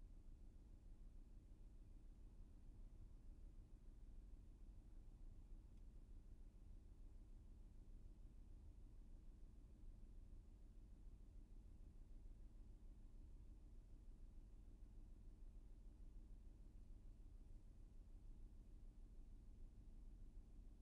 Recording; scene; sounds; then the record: everyday scene through a hearing-aid microphone; in a vehicle; engine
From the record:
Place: VW T5 Caravelle, diesel engine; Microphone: behind the ear, left, front